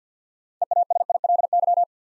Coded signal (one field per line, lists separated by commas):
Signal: Morse code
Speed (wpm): 51 wpm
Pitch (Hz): 700 Hz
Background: none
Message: EASILY